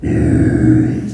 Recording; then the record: squeal of a Yucatan mini pig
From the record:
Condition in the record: after surgery on the right vocal fold (resection and tissue-engineered implant); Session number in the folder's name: 1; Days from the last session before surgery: 13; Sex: female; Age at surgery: 19 weeks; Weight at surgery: 25 kg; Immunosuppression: prednisolone